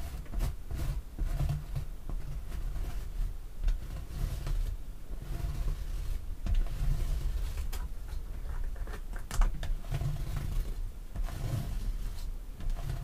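Artificial fingernails tap steadily on perfume bottles and lids, a dense, quick patter of small clicks over a low, constant rumble.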